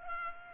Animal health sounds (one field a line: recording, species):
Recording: mosquito wingbeat signal from an infrared sensor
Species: Culex pipiens